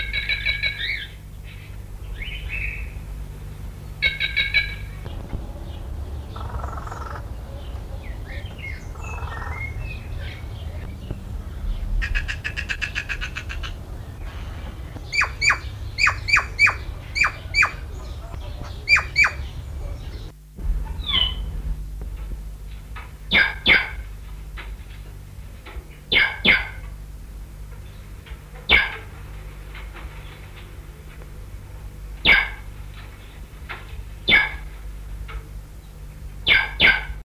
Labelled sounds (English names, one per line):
Plush-crested Jay call